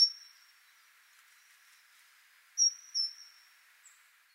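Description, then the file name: Great tit call, a high note at the start, then a sharp pair of high notes later and a faint note near the end. "Parus major"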